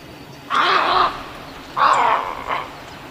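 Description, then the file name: Snowy egret giving harsh, raspy croaks: two half-second squawks, then a shorter, fainter rasp near the end. "AZFO SNEG 3 deviche"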